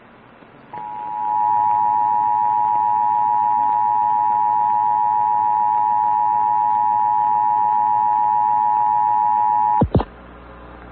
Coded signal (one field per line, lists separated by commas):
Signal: Emergency Alert System (SAME) tones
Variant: 853 and 960 Hz attention tone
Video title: PA/GA RMTS - Pennsylvania/Georgia Monthly Tests (02/16/2022-02/17/2022) - EAS #25-27